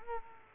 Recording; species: mosquito wingbeat signal from an infrared sensor; Culex quinquefasciatus